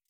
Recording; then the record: hydrophone in a shrimp aquaculture tank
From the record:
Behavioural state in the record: feeding